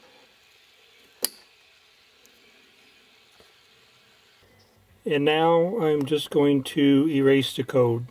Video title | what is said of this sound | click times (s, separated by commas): CODE P0455, P0456 EVAP Small Leak Troubleshoot / Diagnostics / Repair | replace the plug just pushing down until you hear it snap and | 1.2 s